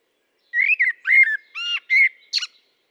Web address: SETE data Turdus merula